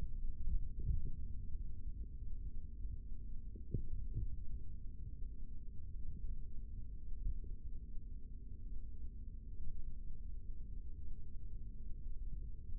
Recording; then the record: forearm muscle sounds (acoustic myography)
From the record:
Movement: rest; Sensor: system 3, bracelet of six PUI Audio POM-2738L microphones around the upper forearm, with dedicated amplification and filtering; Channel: 1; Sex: male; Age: 25 years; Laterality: right